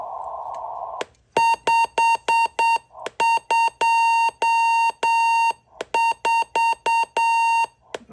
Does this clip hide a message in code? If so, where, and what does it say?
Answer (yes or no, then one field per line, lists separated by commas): yes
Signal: Morse code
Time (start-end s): 1.4-7.7 s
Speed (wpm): 8 wpm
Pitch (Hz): 920 Hz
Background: none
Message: 524